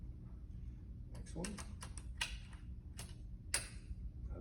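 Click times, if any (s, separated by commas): 3.5 s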